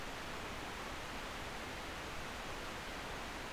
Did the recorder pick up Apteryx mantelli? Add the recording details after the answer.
no. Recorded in New Zealand on 24 November 2015. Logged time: 04:12. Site DD67